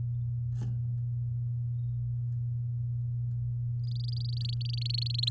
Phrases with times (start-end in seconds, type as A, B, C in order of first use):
3.83-5.29 A